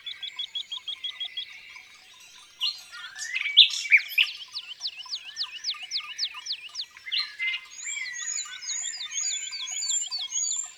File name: Rossignol philomele Chants doiseaux dans la campagne